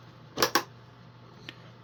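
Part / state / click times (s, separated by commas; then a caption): plastic cover onto instrument cluster housing / seated / 0.4 s, 0.6 s. The plastic cover of a 2006-2008 Ford F-150 instrument cluster is pressed back down onto the cluster housing during a repair for a brake light that stays on. Two sharp clicks at 0.4 s and 0.6 s mark its tabs snapping in, followed by a faint tick near 1.5 s over a low steady hum. The cover is seated back in place.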